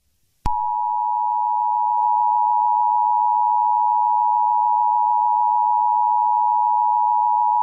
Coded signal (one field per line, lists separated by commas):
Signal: Emergency Alert System (SAME) tones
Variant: 853 and 960 Hz attention tone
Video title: Eas Scenario #3: Alien Attack (look in desc.)